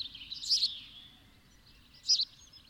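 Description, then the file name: House sparrow giving two harsh chirps about one and a half seconds apart. "Passer domesticus"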